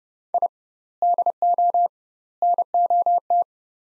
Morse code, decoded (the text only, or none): I DO NOT